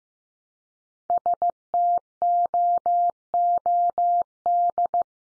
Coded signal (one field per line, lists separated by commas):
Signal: Morse code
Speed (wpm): 15 wpm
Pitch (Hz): 700 Hz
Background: none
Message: STOOD